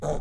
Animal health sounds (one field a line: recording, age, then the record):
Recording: pig call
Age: piglet (1 to 25 days)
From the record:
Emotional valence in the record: negative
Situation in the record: long isolation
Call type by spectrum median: low-frequency call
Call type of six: low-frequency modulated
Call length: 0.20 s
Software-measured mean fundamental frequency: 73 Hz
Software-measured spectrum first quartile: 73 Hz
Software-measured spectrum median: 375 Hz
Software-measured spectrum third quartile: 663 Hz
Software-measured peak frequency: 601 Hz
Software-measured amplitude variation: 89 dB a second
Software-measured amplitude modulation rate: 19.7 a second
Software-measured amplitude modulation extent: 4.5 dB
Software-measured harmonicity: 1.2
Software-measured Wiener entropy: -0.83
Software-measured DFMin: 667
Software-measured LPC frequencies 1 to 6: 602, 3483, 6397, 7674, 8984, 10597 Hz